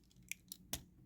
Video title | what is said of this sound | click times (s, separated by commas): Possibly the best Masterpiece Thrust? | you hear that that kind of like it's a it's a little bit of a a knuckle ratchet | 0.3 s, 0.5 s, 0.7 s